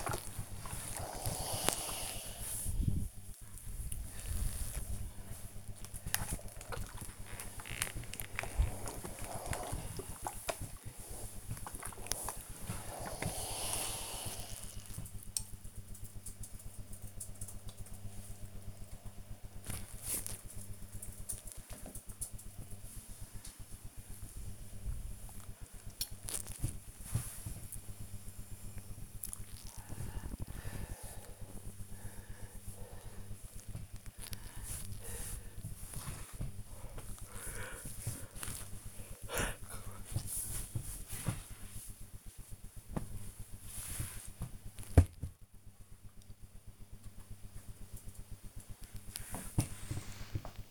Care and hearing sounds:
household activities, microphone on the right wrist
0.00-13.24 s: ironing laundry
18.29-46.48 s: folding laundry
49.51-50.71 s: ironing laundry

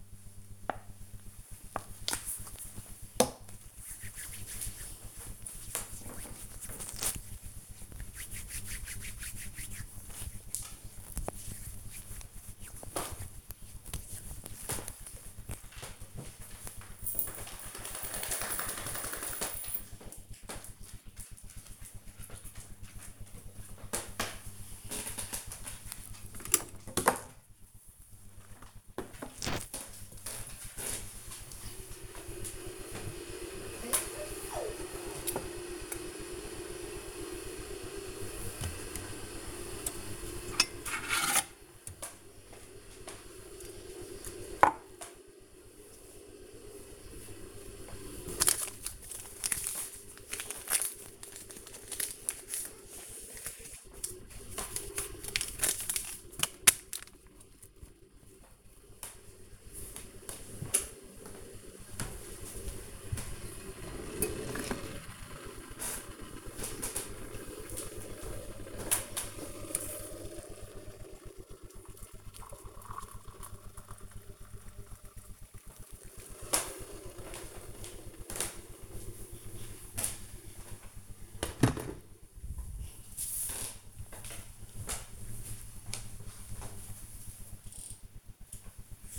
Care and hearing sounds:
household activities, microphone on the right wrist
0.00-14.32 s: cream hands
23.37-82.82 s: making tea

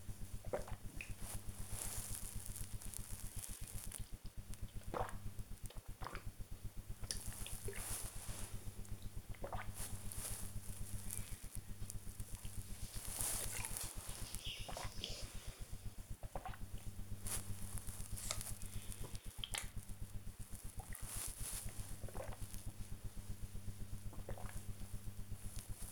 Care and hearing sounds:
household activities, microphone on the right wrist
0.00-25.92 s: drinking

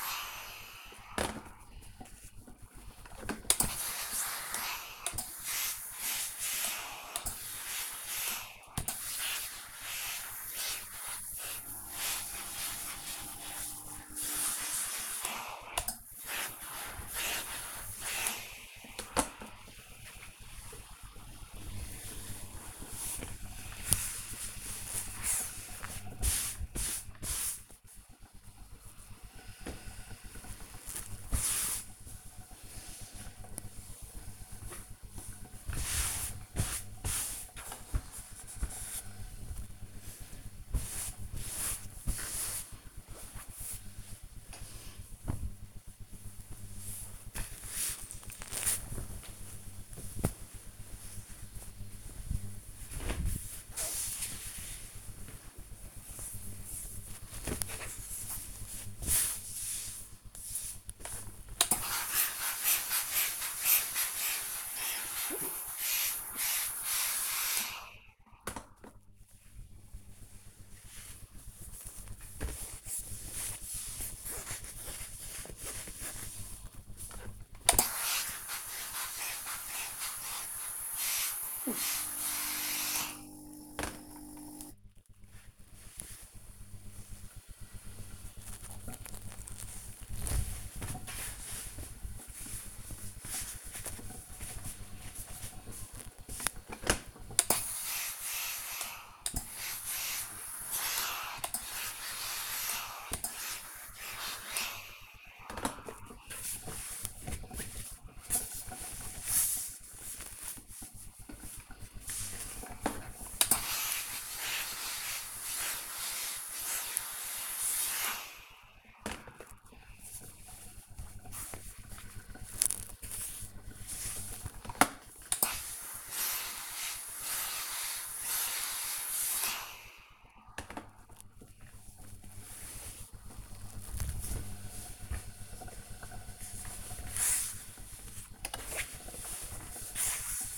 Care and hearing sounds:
household activities, microphone on the right wrist
0.00-43.64 s: ironing laundry
59.71-140.58 s: ironing laundry

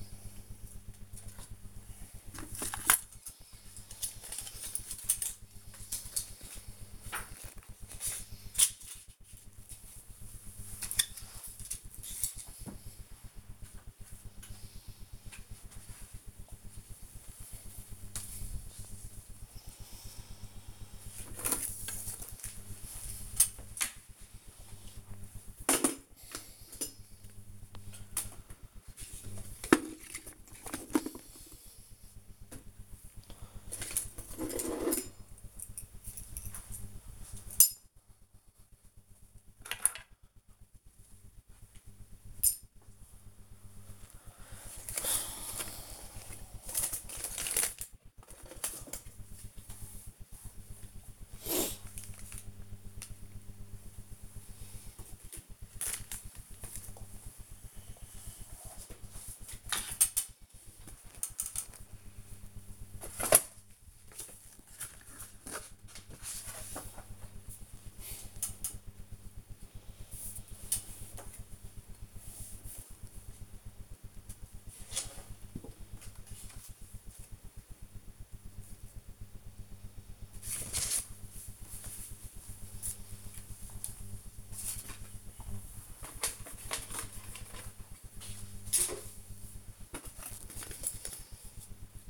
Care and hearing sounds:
household activities, microphone on the right wrist
0.48-92.10 s: sorting documents

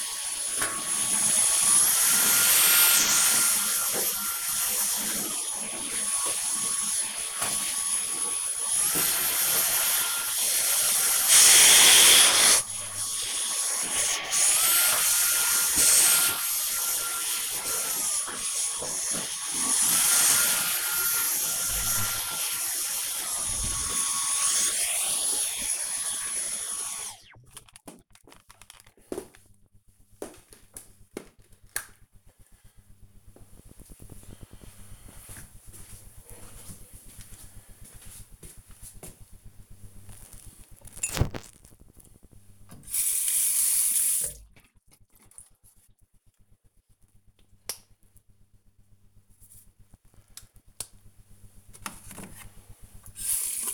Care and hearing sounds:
household activities, microphone on the right wrist
0.00-26.87 s: vacuum cleaning
39.97-53.74 s: brushing teeth

